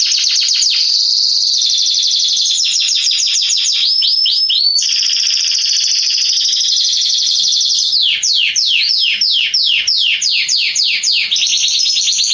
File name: Canary Voice